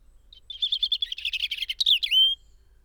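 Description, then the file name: European robin singing a rapid, twittering phrase of thin high notes, ending in a clear whistle that dips then rises slightly; nothing else audible. "Erithacus rubecula"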